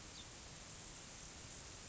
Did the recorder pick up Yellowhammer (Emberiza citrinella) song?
no